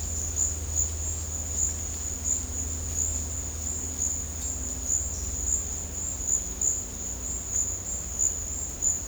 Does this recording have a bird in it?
no